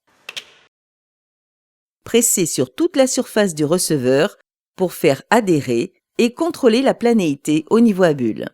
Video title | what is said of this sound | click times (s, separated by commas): Comment installer une douche à l'italienne ? Leroy Merlin | clipsez les pièces du vidage entre elles en tirant vers le haut jusqu'à entendre les clics | 0.3 s, 0.4 s